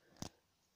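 During the transformation of a plastic transforming robot figure, the head is flipped up and the jaws or legs are unclicked from a plastic body joint. A sharp click at 0.2 s comes after a faint lead-in tick and then quickly fades to quiet, and the part is released from its joint.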